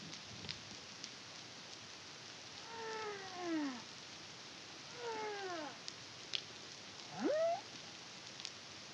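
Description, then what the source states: Humpback whale song: two descending harmonic cries followed by a rising whoop, with scattered clicks and hiss. Song; Caribbean, CARIMAM project, 2023.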